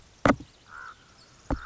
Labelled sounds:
Common Raven
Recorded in Sonoma County, California

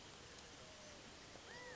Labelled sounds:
California Quail
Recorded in Sonoma County, California

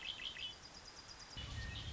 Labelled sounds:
Red-winged Blackbird
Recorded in Sonoma County, California

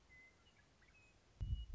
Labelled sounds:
Western Meadowlark
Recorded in Sonoma County, California

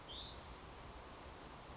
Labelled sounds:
Bewick's Wren
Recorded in Sonoma County, California

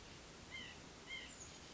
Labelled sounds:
White-breasted Nuthatch
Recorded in Sonoma County, California

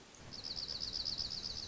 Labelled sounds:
Dark-eyed Junco
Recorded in Sonoma County, California

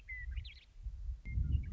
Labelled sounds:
Western Meadowlark
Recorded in Sonoma County, California

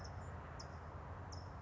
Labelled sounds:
California Towhee
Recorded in Sonoma County, California

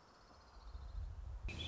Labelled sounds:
Orange-crowned Warbler
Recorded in Sonoma County, California

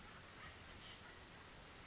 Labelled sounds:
Oak Titmouse
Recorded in Sonoma County, California

